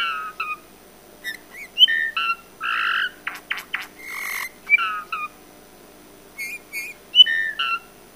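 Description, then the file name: Eurasian bullfinch calls: soft harmonic piping notes mixed with short squeaky and creaky notes, given in irregular bursts with brief pauses. "Pyrrhula pyrrhula"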